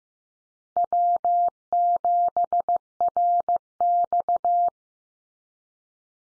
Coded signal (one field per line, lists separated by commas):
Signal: Morse code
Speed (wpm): 15 wpm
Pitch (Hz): 700 Hz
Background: none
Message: W7RX